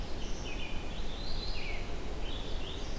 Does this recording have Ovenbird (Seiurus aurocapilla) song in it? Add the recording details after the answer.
no. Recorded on 23 June 2016 at 07:45. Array SBT-6-76